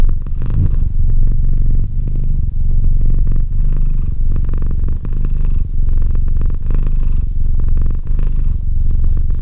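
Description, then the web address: Cat purring in a low, even rumble, pulsing quickly and shifting slightly in tone as breaths alternate. "Cat Purr 201308 Cat purr"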